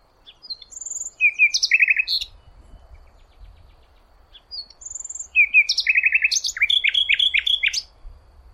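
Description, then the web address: Bird song in two phrases: a high thin whistle, then quick buzzy trilled notes, with a burst of rapid repeated notes closing the second phrase; faint low rumble beneath. "cianscape birddata Deverinetal 2025 File origin Bird Only Lu Me"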